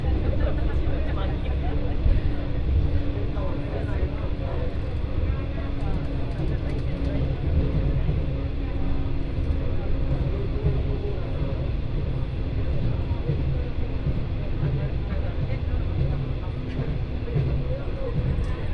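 A train ride on the Etsumi-Hoku Line from Kazuishi to Fukui. A heavy, steady low rumble runs the whole time at an even level, with rattling and clattering layered over it. Faint voices seem to murmur beneath the running noise.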